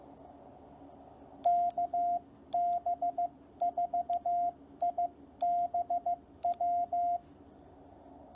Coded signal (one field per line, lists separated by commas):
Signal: Morse code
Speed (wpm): 15 wpm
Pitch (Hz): 700 Hz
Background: none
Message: KB4IBW